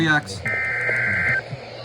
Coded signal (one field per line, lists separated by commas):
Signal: Emergency Alert System (SAME) tones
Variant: header bursts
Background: speech